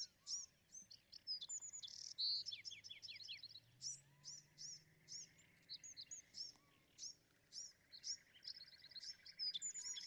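Bewick's wren song, faint over steady hiss: quick high chirps and short slurred notes, with a lower rattling trill late on.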